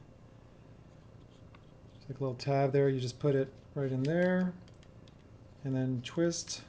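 Someone talks while setting a sunglass shade's tab into a smart glasses frame and beginning to twist it, with a few faint light handling ticks between the words. The shade has not snapped or seated into the frame yet.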